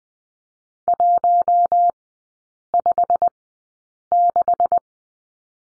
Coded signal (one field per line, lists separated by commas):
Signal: Morse code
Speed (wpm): 21 wpm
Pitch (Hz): 700 Hz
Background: none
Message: 156